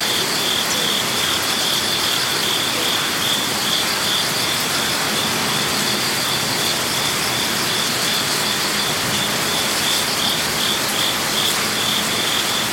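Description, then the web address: Cricket chirping, a thin high pulsing trill that persists beneath loud, steady rushing water. Ambient crickets with rushing water in a Zen garden in Kyoto, Japan. "lynne-publishing amb crickets water rush Zen Garden Kyoto Japan"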